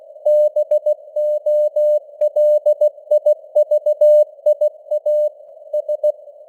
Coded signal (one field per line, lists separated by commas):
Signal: Morse code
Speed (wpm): 16 wpm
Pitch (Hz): 600 Hz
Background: none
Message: BOLIVIA S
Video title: Morse Code News | 2025-10-20 | 16wpm